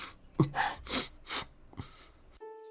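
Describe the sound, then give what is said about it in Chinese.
A few sharp, breathy gasps build quickly into a sudden sneeze from a person who has just finished bandaging the wounded, ending with a steady low electronic hum. “给伤员们包扎完伤口的公孙突然打了个喷嚏”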